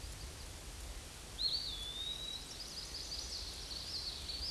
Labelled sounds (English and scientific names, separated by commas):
Eastern Wood-Pewee (Contopus virens) song